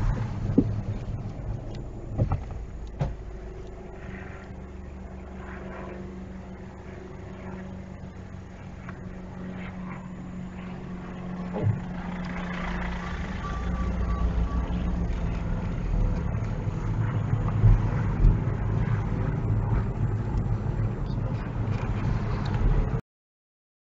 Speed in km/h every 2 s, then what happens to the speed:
2, 0, 0, 0, 0, 0, 3, 13, 16, 15, 18, 19.
0-11 standing. 11-15 pulls away to 16. 15-24 steady at about 16.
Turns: none.